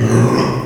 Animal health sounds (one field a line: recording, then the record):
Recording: squeal of a Yucatan mini pig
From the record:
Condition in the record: before surgery on the right vocal fold (resection and tissue-engineered implant)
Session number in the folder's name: 2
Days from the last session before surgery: 0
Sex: male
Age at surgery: 12 weeks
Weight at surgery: 13 kg